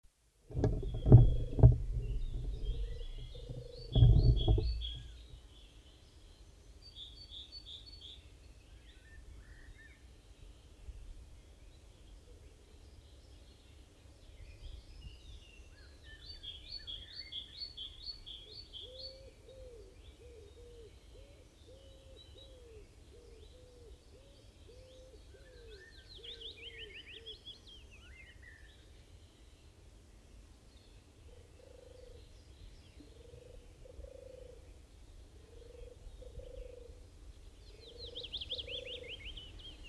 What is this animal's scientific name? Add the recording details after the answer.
Streptopelia turtur. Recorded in the wild. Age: adult. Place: Hamminkeln, OT Brünen, Nordrhein-Westfalen, DE. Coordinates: 51.7256, 6.68. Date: 1970-05-10. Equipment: Uher 4000 Report-S, Bändchenmikro Beyer M 260, Parabolspiegel Polyester (470 mm). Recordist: Conrads, Klaus. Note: Rufe